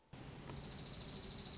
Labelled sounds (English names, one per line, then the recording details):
Dark-eyed Junco
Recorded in Sonoma County, California